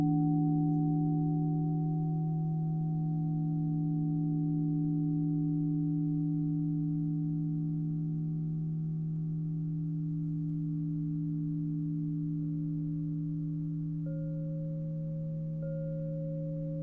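A crystal singing bowl hums with a steady, sustained tone, its low fundamental and a few clear overtones holding evenly throughout. The sound fades very slowly, and a faint higher tone appears around fourteen seconds, shifting slightly near fifteen and a half seconds.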